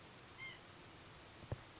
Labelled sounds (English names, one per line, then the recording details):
White-breasted Nuthatch
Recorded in Sonoma County, California